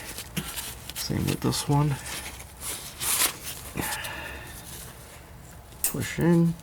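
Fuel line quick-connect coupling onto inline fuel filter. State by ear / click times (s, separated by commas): not seated / none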